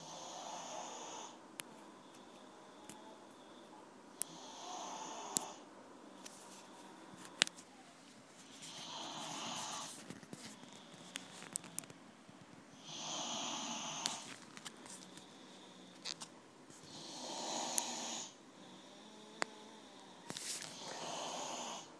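Repeated snoring from an adult sleeper.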